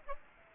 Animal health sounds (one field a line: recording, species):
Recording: mosquito wingbeat signal from an infrared sensor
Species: Aedes aegypti